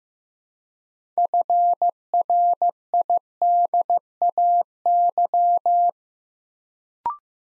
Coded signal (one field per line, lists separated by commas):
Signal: Morse code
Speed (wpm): 15 wpm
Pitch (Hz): 700 Hz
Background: none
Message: FRIDAY